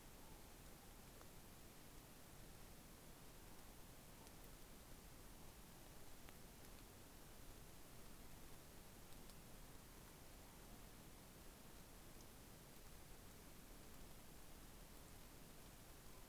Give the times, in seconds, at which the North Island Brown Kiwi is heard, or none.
none